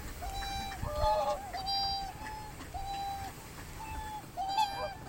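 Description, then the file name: Whooper swans calling with drawn-out, hooting trumpet notes from a few birds, spaced irregularly against a soft low background hum. "oohakutyou"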